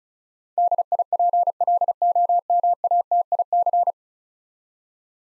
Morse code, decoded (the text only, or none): DIPLOMATIC